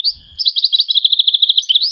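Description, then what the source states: Bird chirping, a brief high note followed by a fast, steady trill of rapid pulsed chirps running about a second and a half, ending on a rising note. In a forest.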